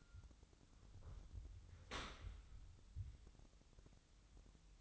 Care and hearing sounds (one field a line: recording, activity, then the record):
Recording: daily activity, microphone in the room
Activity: open dishwasher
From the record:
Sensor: 3